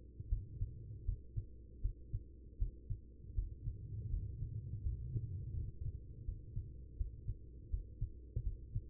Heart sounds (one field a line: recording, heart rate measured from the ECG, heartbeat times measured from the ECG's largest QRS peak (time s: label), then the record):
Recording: heart sounds by stethoscope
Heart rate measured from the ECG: 81 bpm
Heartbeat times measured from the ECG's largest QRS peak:
0.28 s: heartbeat
1.04 s: heartbeat
1.81 s: heartbeat
2.57 s: heartbeat
3.34 s: heartbeat
4.09 s: heartbeat
4.82 s: heartbeat
5.53 s: heartbeat
6.24 s: heartbeat
6.96 s: heartbeat
7.69 s: heartbeat
8.42 s: heartbeat
From the record:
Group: healthy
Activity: rest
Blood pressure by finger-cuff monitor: 114/75 mmHg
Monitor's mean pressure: 88 mmHg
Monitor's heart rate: 81 bpm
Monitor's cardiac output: 5.5 L/min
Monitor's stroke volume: 69 mL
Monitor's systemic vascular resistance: 1160 dyn s/cm5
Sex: female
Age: 43 years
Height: 160 cm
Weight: 90 kg